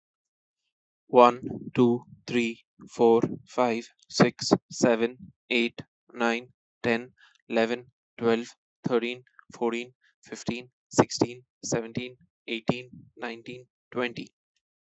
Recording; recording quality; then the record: counting at a normal pace; excellent, no background noise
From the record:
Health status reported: healthy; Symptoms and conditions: none ticked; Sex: male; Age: 29 years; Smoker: yes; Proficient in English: yes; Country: India